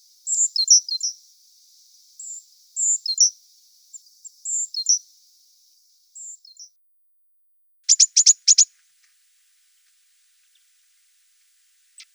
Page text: Большая синица - Синица